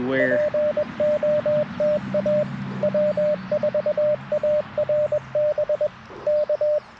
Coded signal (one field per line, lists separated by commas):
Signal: Morse code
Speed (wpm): 21 wpm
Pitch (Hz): 600 Hz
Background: speech, radio noise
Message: POTA W4ARB K